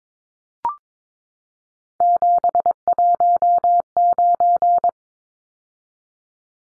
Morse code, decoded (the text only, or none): 719